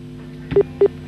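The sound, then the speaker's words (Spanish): Two short, mid-pitched telephone tones beep in quick succession over a steady electronic hum on the line as a phone call tries to ring through without connecting, with no voices. “Está como tratando de buscar la señal, ¿no? Es ese ruido como de que está llamando, pero no.”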